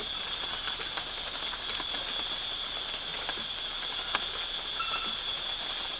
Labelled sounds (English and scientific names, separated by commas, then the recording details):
none
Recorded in dense forest near Puerto Asís, Putumayo, Colombia, on 12 March 2025 at 00:00
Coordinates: 0.484, -76.325
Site G045